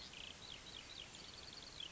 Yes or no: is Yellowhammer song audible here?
no